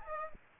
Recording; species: mosquito wingbeat signal from an infrared sensor; Aedes aegypti